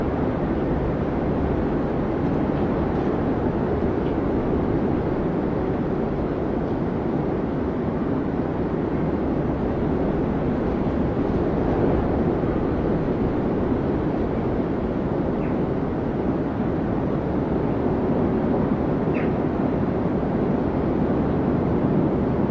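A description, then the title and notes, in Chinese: Strong wind roars steadily for the whole stretch, a dense low rumble with buffeting that never lets up. The level stays nearly constant, with only slight surges. A few faint, brief chirps or squeaks poke through around 15 and 19 seconds. 大风天气｜白噪音｜室内学习氛围音。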